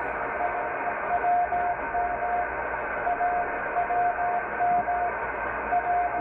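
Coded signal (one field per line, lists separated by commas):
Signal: radio time signal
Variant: RWM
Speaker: 9996 rwm Moscow time signal on the MLA 30 Loop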